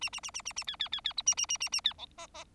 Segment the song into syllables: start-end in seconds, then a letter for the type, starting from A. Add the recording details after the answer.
0.01-0.10 A, 0.12-0.20 A, 0.23-0.31 A, 0.34-0.42 A, 0.45-0.53 A, 0.56-0.64 A, 0.67-0.76 B, 0.79-0.89 B, 0.92-1.01 B, 1.04-1.13 B, 1.17-1.22 C, 1.26-1.35 A, 1.37-1.46 A, 1.49-1.57 A, 1.60-1.69 A, 1.72-1.81 A, 1.84-1.93 B, 1.98-2.06 D, 2.17-2.27 E, 2.34-2.44 E. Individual Bird4